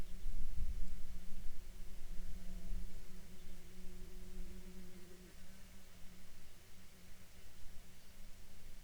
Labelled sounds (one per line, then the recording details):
bird
insects
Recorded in Ivvavik National Park, Yukon, on 28 June 2019 at 21:05
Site SINP05